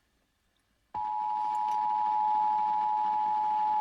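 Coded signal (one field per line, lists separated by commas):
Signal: Emergency Alert System (SAME) tones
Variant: 853 and 960 Hz attention tone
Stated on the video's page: Real National EAS Test received on FM radio at 101.1; valid tones.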